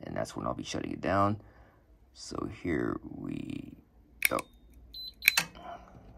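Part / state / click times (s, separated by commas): lock latch in a steel biometric safe door / released / 5.3 s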